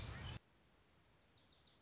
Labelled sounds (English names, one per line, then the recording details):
Wilson's Warbler
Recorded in Sonoma County, California